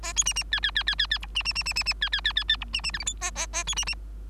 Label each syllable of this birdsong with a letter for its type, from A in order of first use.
A B C C D D D D D D E C C C C C C D D D D D E C C F G H A A A B C C